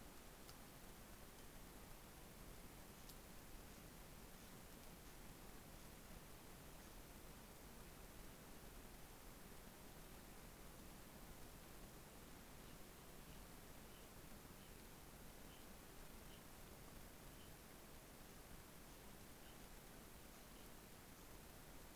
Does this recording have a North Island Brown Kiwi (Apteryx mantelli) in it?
no